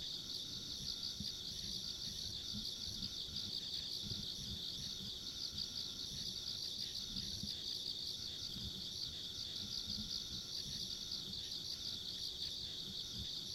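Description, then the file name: Unbroken high-pitched insect trilling, many callers blending into one pulsing drone, with a soft low rumble underneath. Ambient sound of insects along a rural country road. "田舎道の虫の環境音"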